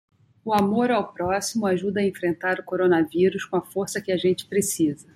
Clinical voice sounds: spoken sentence; Brazilian Portuguese; female; 40 to 49 years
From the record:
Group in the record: control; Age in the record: 41 years

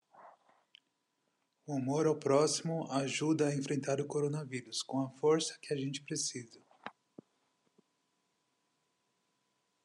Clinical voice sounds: spoken sentence; Brazilian Portuguese; male; 40 to 49 years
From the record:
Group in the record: control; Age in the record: 44 years

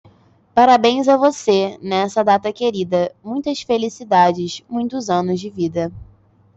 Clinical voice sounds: short text; Brazilian Portuguese; female; 20 to 29 years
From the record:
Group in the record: control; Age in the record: 23 years

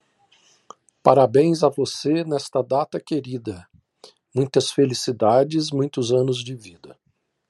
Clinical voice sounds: short text; Brazilian Portuguese; male; 50 to 59 years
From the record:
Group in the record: control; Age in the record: 56 years

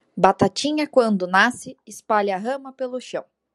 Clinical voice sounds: short text; Brazilian Portuguese; female; 20 to 29 years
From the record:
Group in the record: control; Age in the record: 29 years

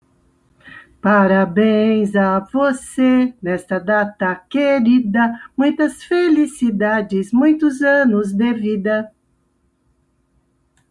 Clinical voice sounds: short text; Brazilian Portuguese; female; 60 to 69 years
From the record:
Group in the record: control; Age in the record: 63 years

